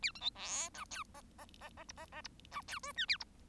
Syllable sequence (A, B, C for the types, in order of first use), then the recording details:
A B C D E F G G G G H G G H E F I J A H. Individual Bird1